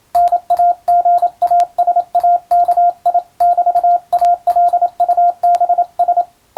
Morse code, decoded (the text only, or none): NAGASAKI<BT>ALUBS